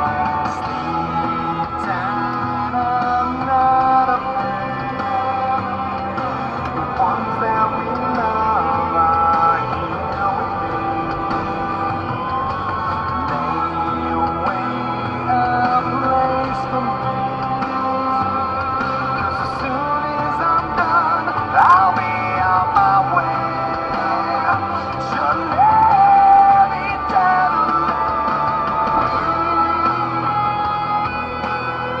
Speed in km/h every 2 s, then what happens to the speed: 45, 32, 35, 46, 50, 55, 54, 54, 56, 56, 55, 55, 55, 52, 54, 52.
0-2 brakes to 32. 3-10 speeds up to 55. 10-32 steady at about 55.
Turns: 2-6.